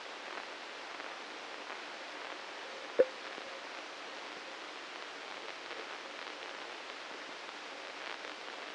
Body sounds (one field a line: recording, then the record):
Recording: brain microelectrode recording played as sound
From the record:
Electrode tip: inside the subthalamic nucleus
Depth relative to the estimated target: 0 mm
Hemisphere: right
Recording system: NeuroSet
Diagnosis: Parkinson's disease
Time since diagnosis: 9 years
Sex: male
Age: 61 years